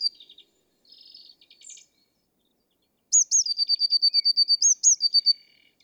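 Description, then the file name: Eurasian blue tit song: a few soft buzzy notes, then a pause, then high thin notes dropping into a fast, even trill that repeats after another high note pair. "Cyanistes caeruleus"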